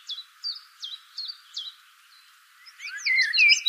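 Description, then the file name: Common blackbird calls: five sharp chinking notes spaced about every third of a second, followed by a tumbling warbled phrase with high squeaky notes. "Turdus merula"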